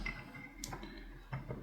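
A wooden part is handled against a wooden printing press model kit while being fitted into its position, giving a few soft, sharp ticks and taps around 0.1, 0.6, 0.7 and 1.5 seconds over quiet background. The part has not seated or clicked into place yet.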